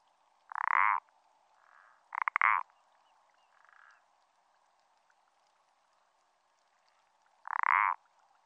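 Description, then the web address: Parsley frog calling with short rasping, creaky croaks, three loud calls and two fainter ones, against a steady background hum. Recorded in France. "AMPHIBIANS-IN-FRANCE Parsley frog"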